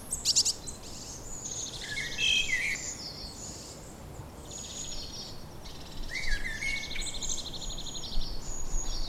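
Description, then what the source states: Bird song of sharp high chirps and whistled notes with buzzy trills in between, over soft background noise. Evening birdsong.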